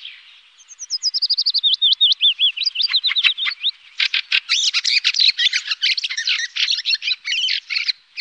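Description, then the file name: Fieldfare song, a long hurried chatter of thin sliding squeaks that grows into dense, scratchy twittering running almost without a break. "Bjorktrast"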